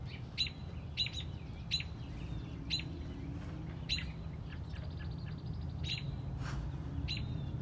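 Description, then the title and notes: Robin giving sharp chips, some doubled, with a short rattling series midway and a constant low rumble. Mother robin on a front porch, protecting a newly hatched chick. "A Mother Robin’s Love. Stubbled upon a Mother Robin on our front porch. Protecting a newly born baby Robin"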